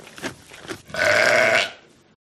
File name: audio hero Sheep